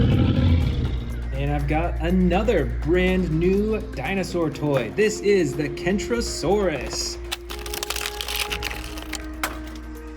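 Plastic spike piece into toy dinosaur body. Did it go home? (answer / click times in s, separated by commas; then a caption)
yes / 7.8 s, 7.9 s, 8.1 s, 8.2 s, 8.5 s, 8.7 s. Someone talks over background music, then plastic spike pieces are pressed onto the back of a toy Kentrosaurus dinosaur figure. Sharp clicks come at 7.8, 7.9, 8.1, 8.2, 8.5 and 8.7 seconds as the spikes click into the dinosaur body and seat.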